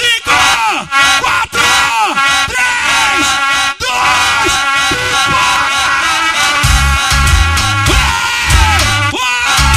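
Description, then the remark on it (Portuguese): A large crowd at a live DJ show in Icoaraci, 2019, yells and cheers together in a loud, sustained roar of overlapping voices, with a few sharp dips, and heavy low thumps join in toward the end. “Paysandu, dá um gritão aí. A galera do também dá um grito.”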